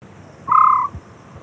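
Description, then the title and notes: White-faced scops owl giving a single short, steady tonal hoot lasting under half a second, against a quiet background hiss. "Taz. WHITE-FACED SCOPS OWL (Otus Leucotis)"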